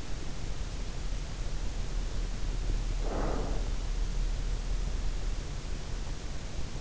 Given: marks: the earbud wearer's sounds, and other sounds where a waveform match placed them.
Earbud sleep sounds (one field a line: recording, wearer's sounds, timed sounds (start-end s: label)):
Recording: sounds in sleep by an in-ear microphone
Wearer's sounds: breath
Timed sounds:
2.42-4.14 s: breath